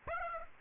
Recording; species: mosquito wingbeat signal from an infrared sensor; Aedes aegypti